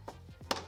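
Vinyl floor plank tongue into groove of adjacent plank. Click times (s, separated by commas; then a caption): 0.5 s. A luxury vinyl floor plank is inserted at an angle, its tongue going into the groove of the adjacent plank in the previous row. A softer knock at 0.1 s comes before a sharp click at 0.5 s as the locking joint snaps in and the plank seats.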